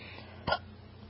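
One abrupt, sharp hiccup from an adult, a brief involuntary gulping sound against a quiet background.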